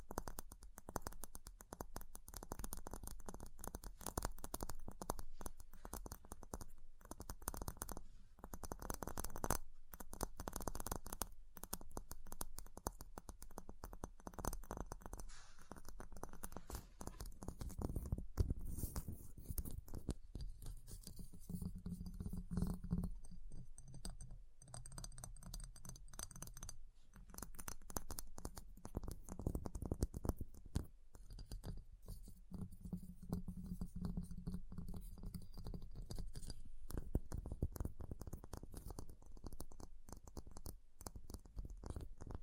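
Ice is tapped, scratched and carved in a dense, continuous run of crisp clicks and scraping strokes. Sharp taps fall irregularly and close together throughout, over a rough, grinding scrape with a low rumble underneath, briefly heavier around the twenty-second mark and again near thirty-four seconds.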